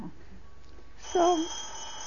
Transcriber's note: A telephone rings in the background